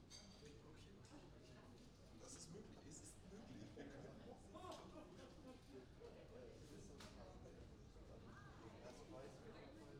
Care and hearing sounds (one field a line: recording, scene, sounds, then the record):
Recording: everyday scene through a hearing-aid microphone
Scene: many people talking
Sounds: many voices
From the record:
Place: university cafeteria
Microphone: in the ear canal, right